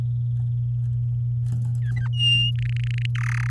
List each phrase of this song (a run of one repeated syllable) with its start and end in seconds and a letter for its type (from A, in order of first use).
1.82-2.08 A, 2.13-2.51 B, 2.55-3.06 C, 3.15-3.50 D